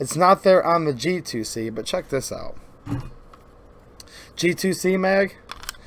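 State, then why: Not seated. A Taurus G2C compact-pistol magazine is handled and brought toward the magazine well of a different compact pistol model while someone talks. Faint handling taps and knocks are heard between the bursts of speech. The clip ends before the magazine goes home, so nothing has seated or clicked yet.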